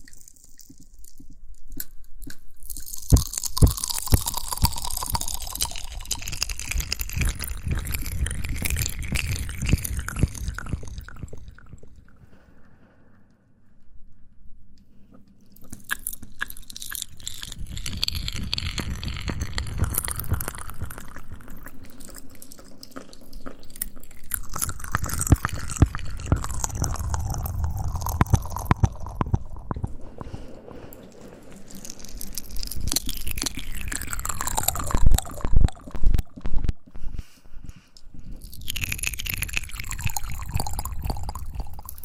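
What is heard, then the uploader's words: Mouth and hand sounds come in uneven bursts of wet smacking, clicking and rubbing, with dense rapid crackles in some stretches. Near-silent gaps fall around 13–15 and 31–33 seconds, and a run of sharp, louder taps stands out near 35–37 seconds. ASMR Mouth Sounds and Hand Sounds.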